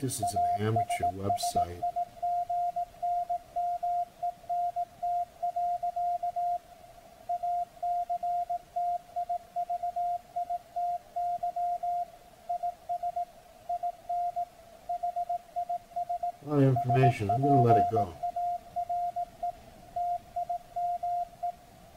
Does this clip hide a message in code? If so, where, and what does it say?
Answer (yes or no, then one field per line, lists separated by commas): yes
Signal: Morse code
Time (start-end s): 0.2-21.5 s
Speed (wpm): 18 wpm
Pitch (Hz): 700 Hz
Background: speech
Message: ASSIGNMENT. ACTIVITY IS IN HIS SPARE TIME